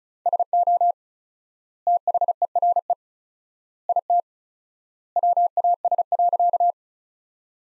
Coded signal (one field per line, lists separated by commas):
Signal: Morse code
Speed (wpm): 36 wpm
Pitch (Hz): 700 Hz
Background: none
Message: SO THERE IT WAS.